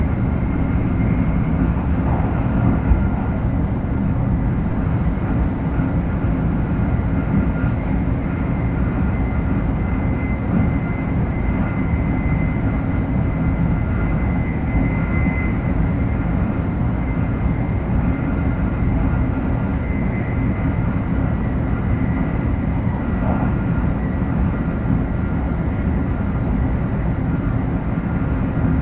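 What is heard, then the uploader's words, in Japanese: Interior noise aboard a Taiwan high-speed train: a steady, dense low rumble and roar that holds constant for the whole stretch. A faint thin whine rides high above the rumble throughout, with small brief clicks or rattles now and then. 台湾高速鉄路の車内音。列車は板橋行き（当時の起点駅は台北ではなく板橋）。誰もいない車内で録音しています。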